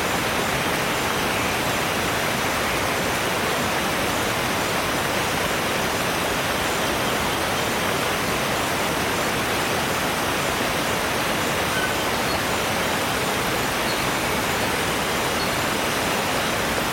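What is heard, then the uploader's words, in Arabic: A waterfall pours in a rainforest at dusk, a steady, dense rush that fills everything from low rumble to bright hiss without letting up. A thin, high insect-like whine sits faintly on top, and nothing else stands out. الغابة المطيرة عند الغسق | شلالات وحياة برية في الشفق.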